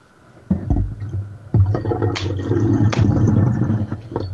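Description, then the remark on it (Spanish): Water is poured into a glass: a short splash, a brief pause, then a steady, fairly loud gurgling stream that runs for about three seconds, with no voices. “Voy a ponerle agua a un vaso.”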